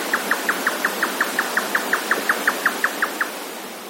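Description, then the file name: Grey nightjar giving many sharp, knocking chuck notes in a rapid, regular series before stopping, against steady hiss. "yotaka"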